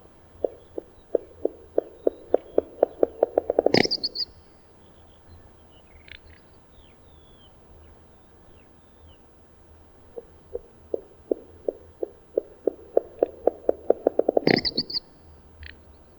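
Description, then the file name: Little bustard calling with a series of dry clicking pulses that speed up into a loud burst. After a pause the same accelerating sequence repeats, over steady low background hum. "Strepet"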